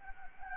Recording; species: mosquito wingbeat signal from an infrared sensor; Anopheles gambiae